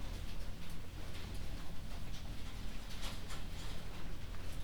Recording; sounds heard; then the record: poultry house recording; no chicken sound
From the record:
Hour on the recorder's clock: 21